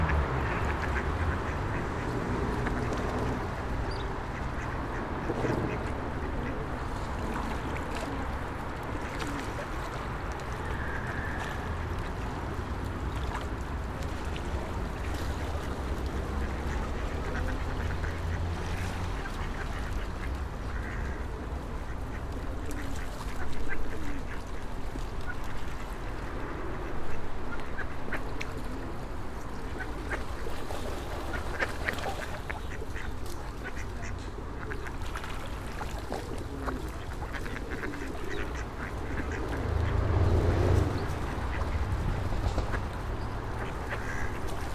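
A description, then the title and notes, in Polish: Ducks quack and pigeons gather as passersby feed them, a steady busy outdoor bustle with low traffic rumble and occasional louder calls throughout. Kaczki i gołębie na Promenadzie Staromiejskiej. Lokalizacja: Stare Miasto. Kaczki i gołębie karmione przez przechodniów. Odgłosy przejeżdżających samochodów i autobusów. Rekorder, mikrofon: sony pcm d50, mic rode nt4, FEL BMA preamplifier.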